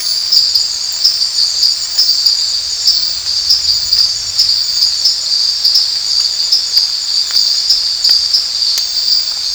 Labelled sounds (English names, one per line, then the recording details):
none
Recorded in dense forest near Puerto Asís, Putumayo, Colombia, on 13 March 2025 at 22:30
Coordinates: 0.484, -76.317
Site G064